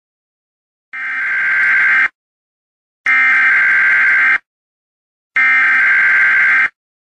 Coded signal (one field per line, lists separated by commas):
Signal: Emergency Alert System (SAME) tones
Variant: header bursts